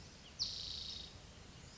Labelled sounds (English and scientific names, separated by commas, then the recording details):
Spotted Towhee (Pipilo maculatus)
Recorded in Sonoma County, California